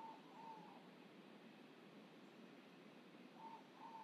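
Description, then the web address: Ivory-breasted pitta giving a two-note whistled call at the start and again near the end, mellow and low-pitched, over steady hiss. "ULM-DS-Lab indonesian-bird-sounds. Pitta maxima"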